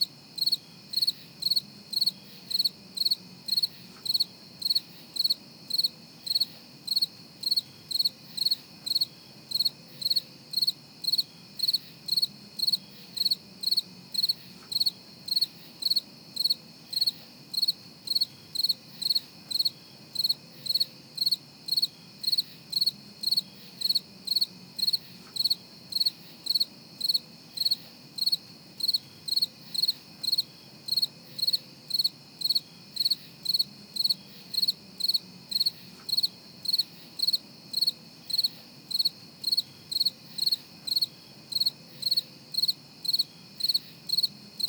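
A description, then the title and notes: Crickets chirp in a steady, fast pulse, bright and high, repeating about once a second for the whole stretch without letup. Beneath it a soft, low murmur rises and falls faintly in the background. Gentle Sounds of the Crickets.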